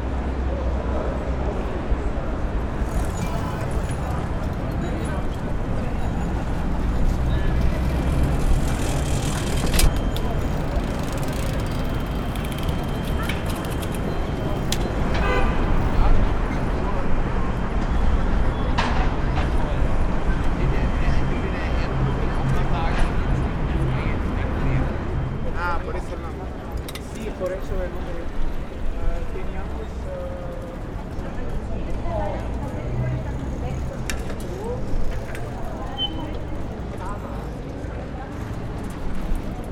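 A crowd fills a cobbled square on a sunny afternoon, many voices overlapping in a steady, dense murmur. A low rumble runs underneath throughout, with scattered brighter clinks, footsteps and short sharp sounds popping out every few seconds.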